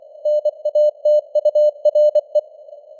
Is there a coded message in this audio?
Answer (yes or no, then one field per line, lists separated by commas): yes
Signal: Morse code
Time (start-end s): 0.3-2.4 s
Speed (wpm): 24 wpm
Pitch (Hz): 600 Hz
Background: none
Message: NATURE